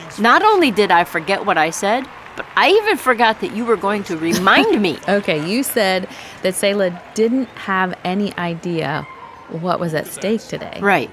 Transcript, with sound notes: Not only did I forget what I said, but I even forgot that you were going to remind me!
(Laughing) You said that Selah didn’t have any idea what was at stake today.